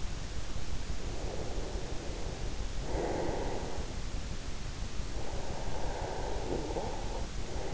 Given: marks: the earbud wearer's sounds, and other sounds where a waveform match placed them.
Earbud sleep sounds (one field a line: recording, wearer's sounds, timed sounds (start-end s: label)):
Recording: sounds in sleep by an in-ear microphone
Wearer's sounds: breath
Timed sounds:
1.11-3.80 s: breath
5.13-7.73 s: breath